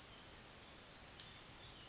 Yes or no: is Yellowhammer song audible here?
no